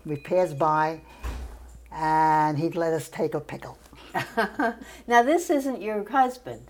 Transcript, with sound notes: we'd pass by and he'd let us take a pickle. [laughter]
Now, this isn't your husband —
No.